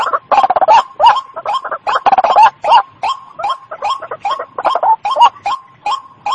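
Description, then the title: White-breasted waterhen giving hurried croaking notes, some grouped in dense rattling bursts, others single and clipped, about three per second. Lure sound used for catching the bird (panciang). "Panciang Suara Burung Ruak Ruak"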